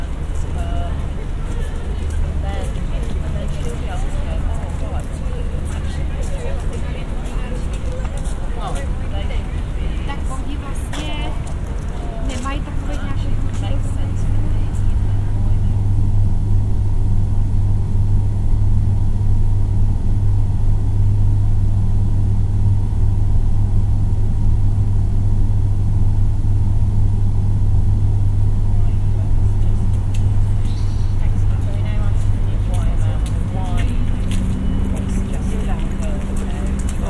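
A collage of binaural field recordings, opening on a busy mix of voices and passing traffic with scattered clicks and knocks. Around thirteen seconds a steady low engine drone swells and dominates, thinning the rest, before voices and traffic return near the end.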